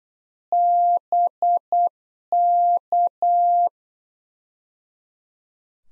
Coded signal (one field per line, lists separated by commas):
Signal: Morse code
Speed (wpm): 8 wpm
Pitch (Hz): 700 Hz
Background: none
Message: BK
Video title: Practice QSO - Exchange 1- Beginning - 8wpm